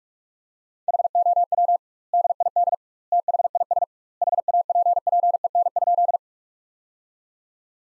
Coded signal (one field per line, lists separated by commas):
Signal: Morse code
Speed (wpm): 43 wpm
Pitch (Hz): 700 Hz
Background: none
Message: HOW DID THIS HAPPEN?